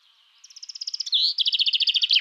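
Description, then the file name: Common chaffinch singing a rapid, even trill of high notes, a brief buzzy slur, then a second fast trill of doubled notes. "Fringilla coelebs"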